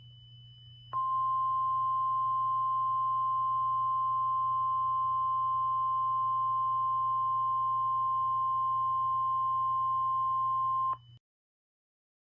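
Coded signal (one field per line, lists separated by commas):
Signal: Emergency Alert System (SAME) tones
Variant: 1050 Hz attention tone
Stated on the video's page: Fictional EAS scenario, a simulated alert made as a meme-inspired story.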